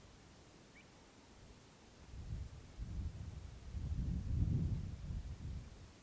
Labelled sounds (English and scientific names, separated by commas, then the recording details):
Pied Avocet (Recurvirostra avosetta)
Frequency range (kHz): Pied Avocet (Recurvirostra avosetta) 1.7-3.1 kHz
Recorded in France